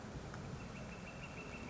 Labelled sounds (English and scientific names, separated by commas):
Northern Flicker (Colaptes auratus)